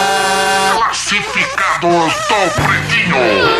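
A human voice imitates a duck, letting out a continuous run of loud, nasal, wavering quacks that rise and fall in pitch with only brief breaks, and no plain speech.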